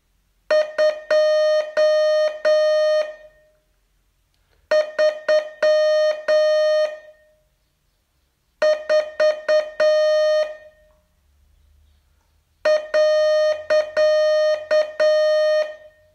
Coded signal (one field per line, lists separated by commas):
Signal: Morse code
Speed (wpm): 9 wpm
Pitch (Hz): 610 Hz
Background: music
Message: 2 3 4 .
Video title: Learn Morse in 42 Days from VU2LAU - day 37